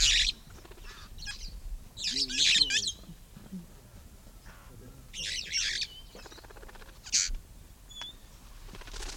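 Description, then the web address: Red-fronted parrot giving harsh screeching squawks in spaced bursts, with a few softer tonal notes and a brief thin whistle between them. "parrots poicephalus-gulielmi"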